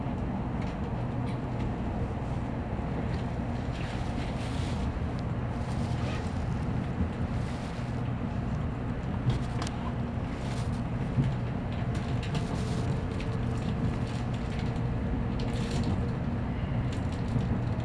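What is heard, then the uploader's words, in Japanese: Inside a Tokaido Shinkansen Kodama train running from Nagoya toward Toyohashi, a dense, steady low rumble fills the whole clip without letup. Faint clicks and brief hissy bursts pass through now and then, and a soft high tone hums around twelve to fifteen seconds. 東海道新幹線 名古屋→豊橋 こだま号自由席。14号車に乗車しました。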